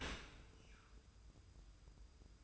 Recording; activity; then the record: daily activity, microphone in the room; open dishwasher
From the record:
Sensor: 2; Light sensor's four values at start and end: 25/58/24/24 and 25/58/24/24